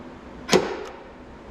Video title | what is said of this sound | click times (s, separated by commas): VAUXHALL CORSA VXR - Automatic Boot/Tailgate Pop! | and obviously you won't be able to see it moving but you'll hear it it latch | 0.5 s